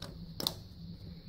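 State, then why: Seated. A plastic thermostat safety cover is lined up on four points over an electric water heater thermostat, and its top tab is pressed in. Two sharp clicks sound at 0.4 and 0.5 seconds over a low background hum, and the cover is seated and locked down.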